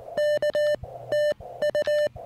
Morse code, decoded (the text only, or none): K TU